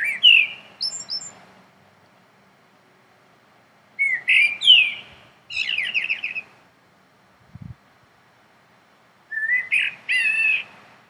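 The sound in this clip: Common blackbird giving rich, fluty warbles followed by squeaky high twitters, four phrase bursts with gaps, and a brief low thump midway.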